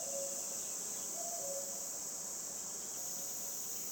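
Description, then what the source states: Red cicada giving a steady, high, hissing buzz without a break, while a common cuckoo calls its soft two-note cu-coo faintly below it. Recorded 22 June 2020 at 11:10 by a roadside between Luc and Châtillon-en-Diois, France, at the end of spring; full-power cymbalisation; common cuckoo singing; recorded on Nagra LB with MKH20 omni mic.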